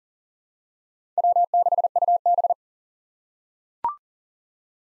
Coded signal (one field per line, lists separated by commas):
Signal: Morse code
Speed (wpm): 40 wpm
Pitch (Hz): 700 Hz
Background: none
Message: W6UB